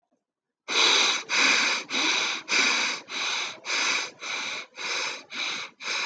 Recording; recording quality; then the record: shallow breathing; excellent, no background noise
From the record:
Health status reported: healthy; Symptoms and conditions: breathing difficulty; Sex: male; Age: 18 years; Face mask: not worn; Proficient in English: yes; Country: India